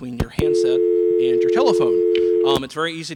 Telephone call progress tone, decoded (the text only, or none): dial tone